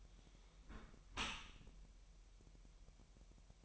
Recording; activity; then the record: daily activity, microphone in the room; close dishwasher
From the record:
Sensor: 1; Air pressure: 1000.6 hPa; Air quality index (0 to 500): 248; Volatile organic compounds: 144 ppm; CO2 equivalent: 3998 ppm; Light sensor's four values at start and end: 11/28/11/12 and 11/28/11/12